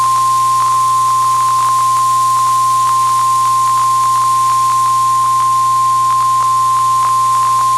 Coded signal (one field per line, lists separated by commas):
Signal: Emergency Alert System (SAME) tones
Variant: 1050 Hz attention tone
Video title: EAS Alerts from 9/6/25 (EAS #187-210)